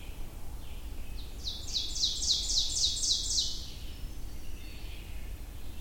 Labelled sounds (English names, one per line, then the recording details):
Ovenbird song
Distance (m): 25 m
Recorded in boreal forest in Alberta, Canada, on 22 June 2016 at 06:35
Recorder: SongMeter 3, array SBT-6-76
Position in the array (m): 163 m, 127 m
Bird 3